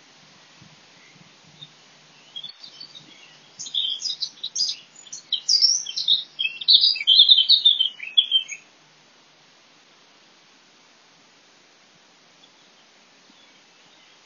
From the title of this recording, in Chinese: 爱尔兰基尔代尔，卡斯尔敦森林